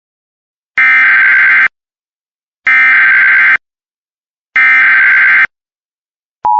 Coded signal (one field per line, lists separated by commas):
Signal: Emergency Alert System (SAME) tones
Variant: header bursts